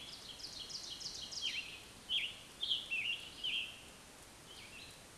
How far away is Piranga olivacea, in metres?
about 25 m